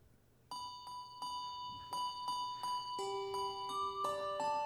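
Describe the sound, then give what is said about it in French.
Bright struck bells play a simple tune in a steady pulse, first repeating one high ringing note, then adding lower tones that overlap and sustain as the melody builds. No voices. “Des cloches, mais je veux être plus précis.”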